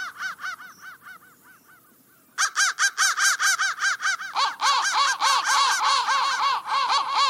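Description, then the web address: Crow caws, a soft series of harsh notes that fades, then a loud run of rapid overlapping caws. "soundfactory crow"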